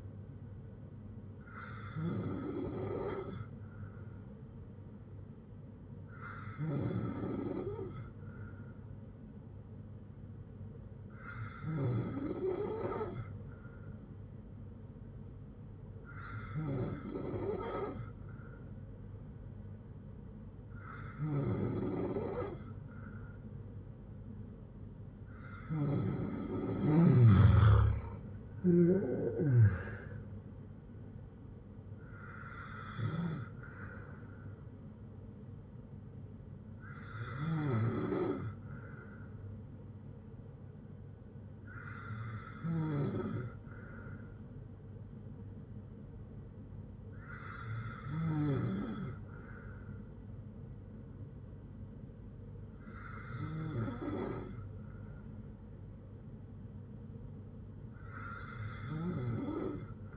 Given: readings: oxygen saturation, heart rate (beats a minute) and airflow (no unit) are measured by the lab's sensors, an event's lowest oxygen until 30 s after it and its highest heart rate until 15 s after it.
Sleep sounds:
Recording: breathing in sleep by a smartphone at the bedside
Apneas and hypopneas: none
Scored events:
30.00-60.17 s: new sleep stage, N2 (light sleep)
From the record:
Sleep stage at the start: N3 (deep sleep)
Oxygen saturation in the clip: 94 to 97%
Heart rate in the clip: 57 to 76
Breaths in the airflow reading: 12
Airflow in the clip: -7.7 to 11.8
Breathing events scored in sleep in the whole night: 182 in 7.4 hours asleep

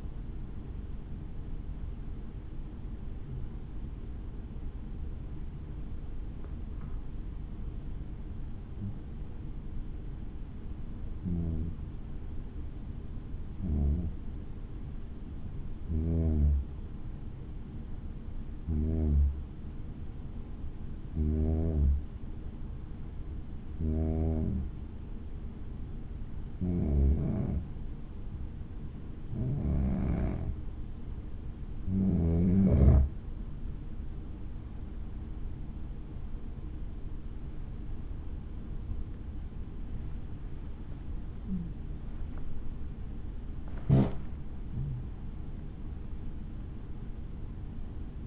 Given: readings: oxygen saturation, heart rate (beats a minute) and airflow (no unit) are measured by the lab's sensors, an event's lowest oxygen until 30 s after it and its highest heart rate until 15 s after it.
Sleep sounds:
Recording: a person awake in a sleep study, by a smartphone at the bedside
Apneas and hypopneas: 1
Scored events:
4.00-32.50 s: hypopnea (N1, oxygen 97% highest, then 91% lowest, heart rate 62 at the start, 78 highest)
14.00-44.00 s: new sleep stage, awake
18.00-44.00 s: awake
44.00-48.27 s: new sleep stage, N1 (lightest sleep)
From the record:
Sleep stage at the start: N1 (lightest sleep)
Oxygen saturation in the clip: 91 to 97%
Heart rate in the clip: 61 to 78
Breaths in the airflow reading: 16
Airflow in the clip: -7.3 to 8.6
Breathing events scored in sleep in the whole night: 216 in 7.0 hours asleep

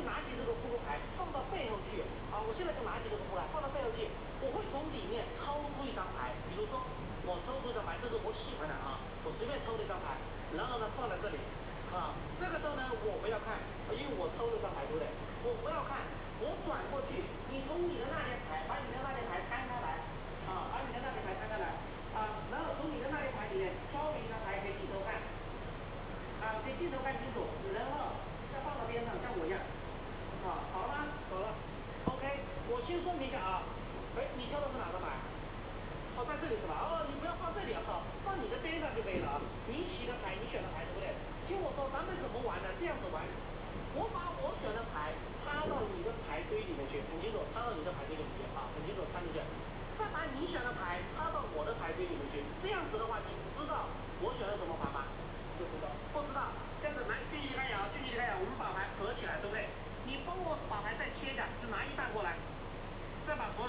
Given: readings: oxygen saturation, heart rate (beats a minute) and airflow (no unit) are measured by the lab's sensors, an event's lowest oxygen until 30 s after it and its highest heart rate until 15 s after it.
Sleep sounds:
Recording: a person awake in a sleep study, by a voice recorder at the bedside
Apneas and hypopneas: none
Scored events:
0.00-63.69 s: awake
From the record:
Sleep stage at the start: awake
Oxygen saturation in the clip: 92 to 93%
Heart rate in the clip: 62 to 67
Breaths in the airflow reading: 22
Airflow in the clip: -6.7 to 5.9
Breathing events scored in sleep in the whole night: 476 in 9.7 hours asleep

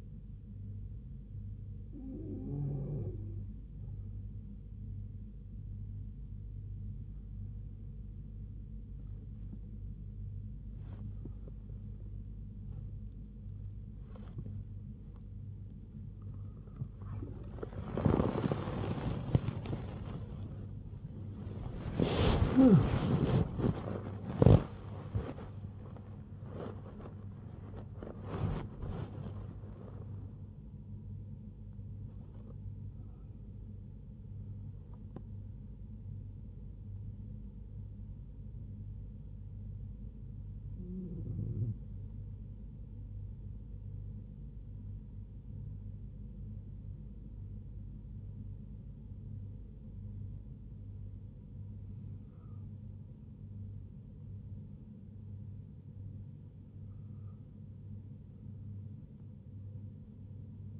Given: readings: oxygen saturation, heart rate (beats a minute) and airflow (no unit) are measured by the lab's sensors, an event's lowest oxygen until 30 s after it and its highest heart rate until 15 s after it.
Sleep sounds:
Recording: breathing in sleep by a smartphone at the bedside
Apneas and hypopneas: 1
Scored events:
5.00-35.00 s: new sleep stage, awake
35.00-60.80 s: new sleep stage, N1 (lightest sleep)
36.00-48.90 s: hypopnea (N1, oxygen 97% highest, then 93% lowest, heart rate 86 at the start, 86 highest)
From the record:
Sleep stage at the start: N2 (light sleep)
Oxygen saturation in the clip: 92 to 97%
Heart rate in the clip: 70 to 90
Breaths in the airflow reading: 12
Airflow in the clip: -7.5 to 7.6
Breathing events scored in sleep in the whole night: 158 in 7.3 hours asleep

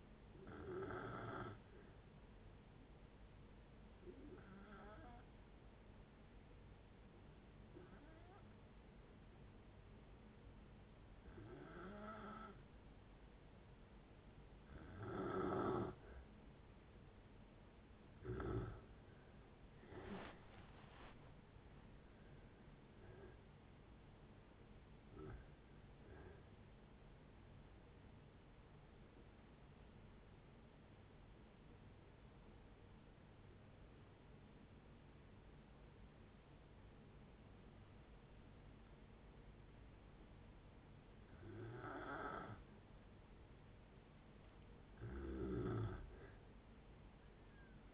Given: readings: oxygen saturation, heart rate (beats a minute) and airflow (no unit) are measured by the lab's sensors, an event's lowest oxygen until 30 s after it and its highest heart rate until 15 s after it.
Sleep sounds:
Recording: breathing in sleep by a voice recorder at the bedside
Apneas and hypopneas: 2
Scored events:
4.00-18.20 s: hypopnea (N1, oxygen 93% highest, then 89% lowest)
28.00-43.40 s: hypopnea (N1, oxygen 95% highest, then 90% lowest)
From the record:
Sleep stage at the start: N1 (lightest sleep)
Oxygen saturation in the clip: 89 to 97%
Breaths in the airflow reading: 12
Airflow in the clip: -7.2 to 6.6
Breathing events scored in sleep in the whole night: 496 in 5.4 hours asleep

